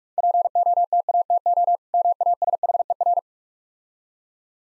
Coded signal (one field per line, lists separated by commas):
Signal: Morse code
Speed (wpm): 45 wpm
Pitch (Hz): 700 Hz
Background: none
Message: POTATO MASHER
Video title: Easy Words - Speed-Racing with Hints - 35wpm